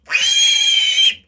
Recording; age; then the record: pig call; piglet (1 to 25 days)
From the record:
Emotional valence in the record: negative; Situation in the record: restrain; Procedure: back test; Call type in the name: high-frequency call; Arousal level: maximum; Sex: female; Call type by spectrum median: high-frequency call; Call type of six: high-frequency stable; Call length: 1.28 s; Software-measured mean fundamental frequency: 285 Hz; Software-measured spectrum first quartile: 3073 Hz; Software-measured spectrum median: 4180 Hz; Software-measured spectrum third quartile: 8801 Hz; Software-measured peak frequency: 3222 Hz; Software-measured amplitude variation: 165 dB a second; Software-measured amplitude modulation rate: 19.9 a second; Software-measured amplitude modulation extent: 8.3 dB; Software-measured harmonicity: 9.1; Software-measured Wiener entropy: -3.48